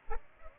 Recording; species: mosquito wingbeat signal from an infrared sensor; Aedes aegypti